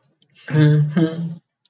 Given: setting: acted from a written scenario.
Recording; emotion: vocal sound without words; fear